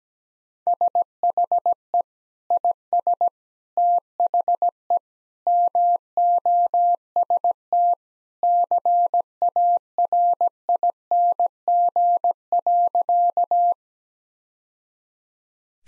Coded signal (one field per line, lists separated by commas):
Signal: Morse code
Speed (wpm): 17 wpm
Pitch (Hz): 700 Hz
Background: none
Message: SHE IS THE MOST CARING.